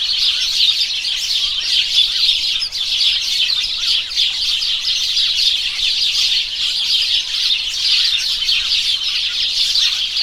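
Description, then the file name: House sparrows chirping in a dense, unbroken chorus, many overlapping bright chirps forming a steady chatter throughout with no pauses. "House Sparrow Passer domesticus"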